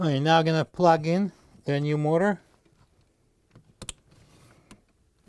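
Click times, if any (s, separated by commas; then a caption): 3.8 s, 3.9 s. Someone talks, then a wiring harness plug is pushed into the plastic connector of a new Frigidaire/Electrolux refrigerator condenser fan motor (297279500). Sharp clicks at 3.8 s and 3.9 s show that the connector has clicked in and is locked.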